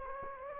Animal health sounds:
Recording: mosquito wingbeat signal from an infrared sensor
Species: Anopheles gambiae

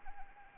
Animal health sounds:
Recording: mosquito wingbeat signal from an infrared sensor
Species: Anopheles arabiensis

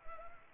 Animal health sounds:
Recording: mosquito wingbeat signal from an infrared sensor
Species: Anopheles arabiensis

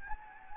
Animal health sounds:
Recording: mosquito wingbeat signal from an infrared sensor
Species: Anopheles gambiae

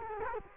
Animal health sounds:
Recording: mosquito wingbeat signal from an infrared sensor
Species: Culex quinquefasciatus

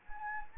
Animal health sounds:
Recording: mosquito wingbeat signal from an infrared sensor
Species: Anopheles arabiensis

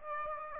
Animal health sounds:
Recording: mosquito wingbeat signal from an infrared sensor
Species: Aedes aegypti

